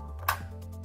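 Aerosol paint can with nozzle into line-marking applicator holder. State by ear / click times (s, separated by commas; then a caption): seated / 0.3 s. An upside-down aerosol line-marking paint can, fitted with a plastic nozzle, is turned so the nozzle wings line up in the EASYLINE Edge applicator cart holder and pushed in. A sharp click at 0.3 s, over background music, shows the can has seated in the holder.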